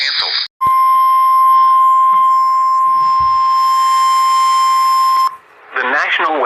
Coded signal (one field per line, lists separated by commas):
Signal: Emergency Alert System (SAME) tones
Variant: 1050 Hz attention tone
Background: speech